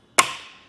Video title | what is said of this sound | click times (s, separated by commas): etrailer - Setting up the Thule WingBar Evo Roof Rack for Naked Roofs on a 2020 Ford F-150 | just have confirmation that it is locking into place | 0.2 s